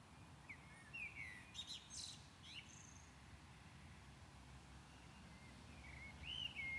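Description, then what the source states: Common blackbird song: a short fluted phrase with a scratchy twitter, a long quiet gap, then another whistled note near the end, over steady hiss. Recorded at Maindy.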